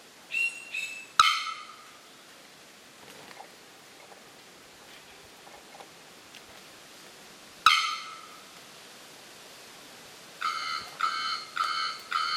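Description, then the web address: Bearded bellbird gives two sharp clanging bock notes, then a quick run of ringing, anvil-like tonk notes near the end. "sound bearded-bellbird. صدای-پرنده-زنگمرغ-ریشدار"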